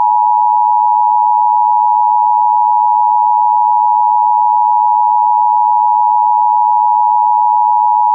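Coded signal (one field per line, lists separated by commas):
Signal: Emergency Alert System (SAME) tones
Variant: 853 and 960 Hz attention tone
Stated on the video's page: Mock EAS recreation of a Severe Thunderstorm Watch then Warning from the NWS in Albany, not a real broadcast.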